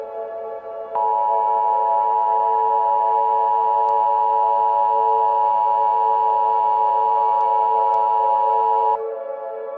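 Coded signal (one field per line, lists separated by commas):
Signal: Emergency Alert System (SAME) tones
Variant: 853 and 960 Hz attention tone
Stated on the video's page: Fictional EAS scenario, a Fourth of July special, not a real alert.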